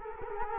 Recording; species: mosquito wingbeat signal from an infrared sensor; Culex quinquefasciatus